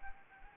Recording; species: mosquito wingbeat signal from an infrared sensor; Anopheles arabiensis